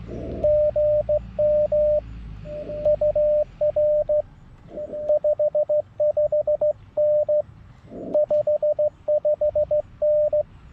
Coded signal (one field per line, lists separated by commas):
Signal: Morse code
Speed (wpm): 16 wpm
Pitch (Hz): 600 Hz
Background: radio noise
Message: GM UR 55N 55N